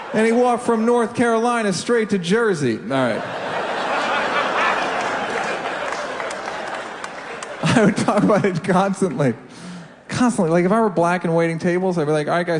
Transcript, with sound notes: and he walked from North Carolina straight to Jersey. All right. (LAUGHTER) I would talk about it constantly, constantly. Like, if I were black and waiting tables, I'd be like - all right, guys.